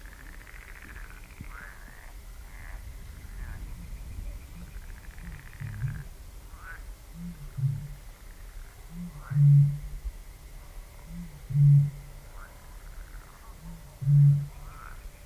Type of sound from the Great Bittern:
call